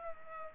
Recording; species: mosquito wingbeat signal from an infrared sensor; Culex pipiens